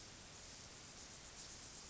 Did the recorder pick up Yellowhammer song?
no